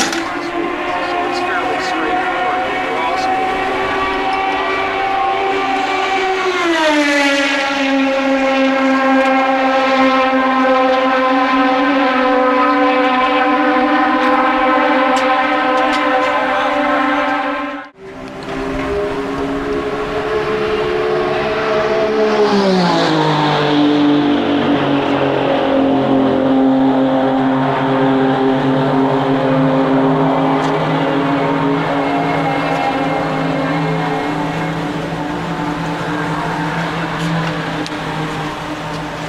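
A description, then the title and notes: Turbocharged IndyCar engines roar steadily around an oval, pitch dropping as cars pass at about 7 and 23 seconds, with a brief cut near 18. Pre-season testing for CART IndyCar Series teams at the one-mile Phoenix International Raceway oval where the glorious 2.65-liter turbocharged V8 engines rage.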